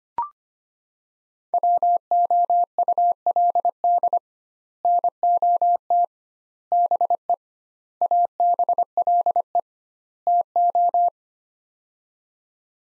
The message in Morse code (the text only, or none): WOULD NOT BE ABLE TO